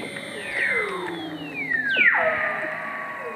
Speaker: All of those sounds, the space sounds, those bird calls, jungle sounds, everything is seal song.